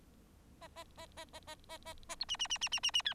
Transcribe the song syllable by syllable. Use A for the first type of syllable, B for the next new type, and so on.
A A A A A A A A A B C C C C C C C D